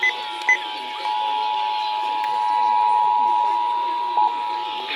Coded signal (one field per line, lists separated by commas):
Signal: Emergency Alert System (SAME) tones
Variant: 853 and 960 Hz attention tone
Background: speech